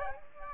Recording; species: mosquito wingbeat signal from an infrared sensor; Culex quinquefasciatus